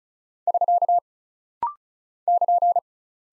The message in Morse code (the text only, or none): <SK> <KN>